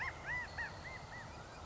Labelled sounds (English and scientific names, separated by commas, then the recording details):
California Quail (Callipepla californica)
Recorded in Sonoma County, California